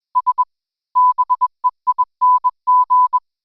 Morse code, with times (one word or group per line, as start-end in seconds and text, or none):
0.2-0.4 S
1.0-3.2 BEING